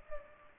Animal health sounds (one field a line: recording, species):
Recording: mosquito wingbeat signal from an infrared sensor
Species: Culex pipiens